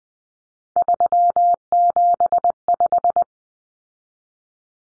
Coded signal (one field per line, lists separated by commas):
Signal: Morse code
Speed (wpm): 20 wpm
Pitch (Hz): 700 Hz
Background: none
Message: 375